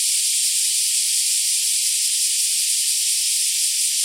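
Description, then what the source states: Black cicada giving a steady, shrill, hissing buzz that holds unbroken at a constant loudness throughout, with no other sounds. More than one black cicada calling.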